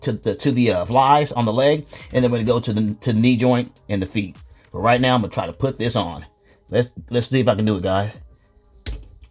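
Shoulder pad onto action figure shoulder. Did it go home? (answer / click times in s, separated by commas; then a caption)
yes / 8.9 s. Someone talks, then pushes a plastic shoulder pad onto the shoulder of a 7-inch McFarlane Toys Warhammer 40k Ultramarine Reiver action figure. A sharp snap is heard at 8.9 s as the pad seats, though it was put on backwards and is then redone.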